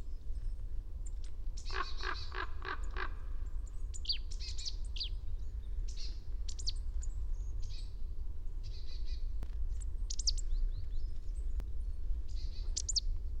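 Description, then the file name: Marsh tit calls: an early string of buzzy, nasal notes repeated rapidly, then scattered high, sharp notes over steady low rumble. "Poecile palustris"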